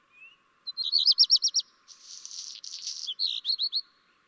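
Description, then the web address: Black redstart singing a short high note, a fast series of rippling whistled notes, then a gritty crackling rush and a few brisk closing whistles. "chant xeno-canto rougequeue noir"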